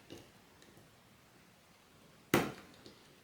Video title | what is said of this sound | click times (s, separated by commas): Lewis LH4 - Lever strip down and rebuild (service or repair tutorial) | You should have heard a nice click | 2.3 s